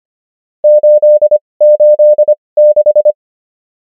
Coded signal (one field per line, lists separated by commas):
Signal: Morse code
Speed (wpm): 25 wpm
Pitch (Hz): 600 Hz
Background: none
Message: 886